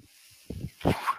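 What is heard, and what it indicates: Two brief low rubbing whooshes, then a faint tone: a home mechanical ventilator cycling air.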